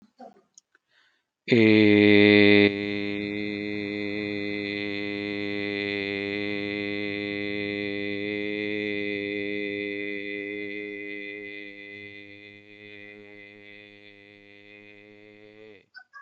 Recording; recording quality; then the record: sustained vowel as in made; excellent, no background noise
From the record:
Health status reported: healthy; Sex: male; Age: 37 years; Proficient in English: yes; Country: India